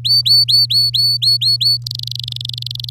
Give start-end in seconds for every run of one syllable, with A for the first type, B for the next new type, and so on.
0.04-1.77 A, 1.86-2.90 B